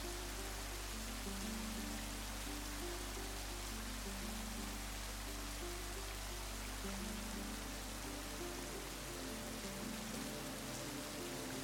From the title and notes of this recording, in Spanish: Mezcla Perfecta de LLUVIA y MÚSICA. Sonidos de lluvia natural y suaves melodías musicales.